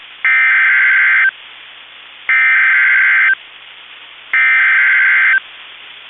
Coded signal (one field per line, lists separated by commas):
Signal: Emergency Alert System (SAME) tones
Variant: header bursts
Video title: SE Minnesota Severe Weather Outbreak (3/10/21) EAS 1516-1522